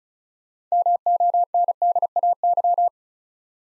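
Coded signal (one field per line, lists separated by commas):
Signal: Morse code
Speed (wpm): 34 wpm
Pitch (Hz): 700 Hz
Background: none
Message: MONDAY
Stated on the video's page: Morse practice of 6-letter words at 35 wpm; first letters are spoken, then each word is sent twice.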